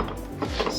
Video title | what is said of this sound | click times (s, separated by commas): This Rugged All Terrain Ebike Is A Beast! Ride1Up RIFT Review | that in there locks into place | 0.4 s